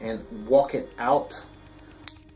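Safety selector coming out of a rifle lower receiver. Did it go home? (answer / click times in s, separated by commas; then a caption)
released / 2.1 s. Someone talks while a steel AR-15 safety selector is wiggled and walked out of the lower receiver, with the detent pressed down by a thumb. A sharp click sounds at 2.1 s as the safety selector clicks out and is released during removal.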